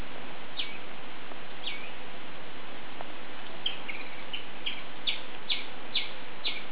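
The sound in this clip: Dusky palm squirrel giving sharp chipping notes at uneven intervals, sparse at first and then coming faster, over steady background hiss.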